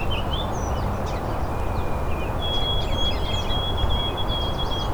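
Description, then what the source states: White-throated sparrow song: clear whistled notes, a lower tone and then a long, steady high whistle, over a loud low roar with other small birds chirping. Really melodic song; mnemonic given as 'Oh Sweet Canada, Canada'.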